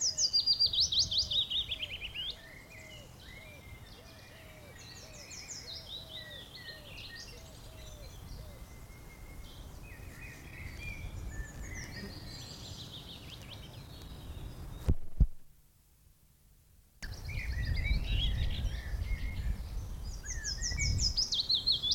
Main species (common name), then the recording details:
Willow Warbler. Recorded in the wild. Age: adult. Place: Blankenfelde, Tegeler Fließ, Berlin, DE. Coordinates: 52.625, 13.404. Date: 1992-04-25 12:31. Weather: böiger Wind, 16-23°C. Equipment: Nagra SN, Mikrofon AKG CK 8, Kopie Tesla B 116. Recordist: Tembrock, Günter